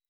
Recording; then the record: hydrophone in a shrimp aquaculture tank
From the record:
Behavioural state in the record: weakened